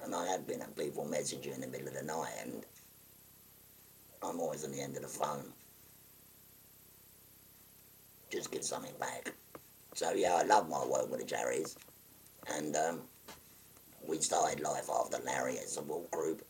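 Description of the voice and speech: A 57-year-old man speaks in a very low, rough, creaky and somewhat breathy voice, in short bursts of a second or two separated by frequent pauses. This is tracheoesophageal speech after total laryngectomy for stage 4 laryngeal cancer: air is diverted through a valve and out of the mouth, with a button pressed over the stoma.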